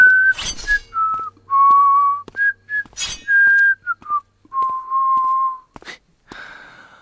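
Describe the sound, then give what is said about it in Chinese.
Someone whistles a slow, unhurried tune of long held notes that step gently up and down in pitch, with breathy puffs and short pauses between phrases. No one speaks. In the audiobook 暗河传, the character Su Changhe whistles leisurely while spinning a dagger in his hand. “苏昌和悠悠然地吹着口哨，旋转着手中匕首来到他的身边。”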